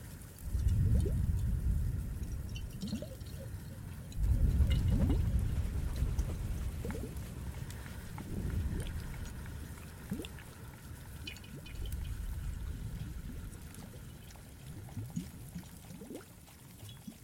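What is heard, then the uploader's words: Water gurgles and pours in deep, churning surges that swell every few seconds, strongest near the start and around four seconds, then easing. Small bubbling rises and faint scattered ticks ride above the low, steady rush. Some more Cave ASMR, Water and Fireplace added.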